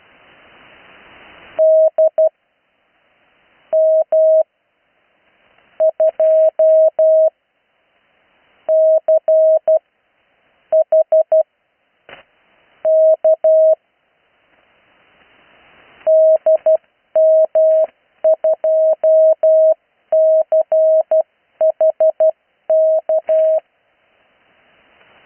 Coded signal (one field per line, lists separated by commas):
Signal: Morse code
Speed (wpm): 12 wpm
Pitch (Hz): 640 Hz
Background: none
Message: DM2CHK DM2CHK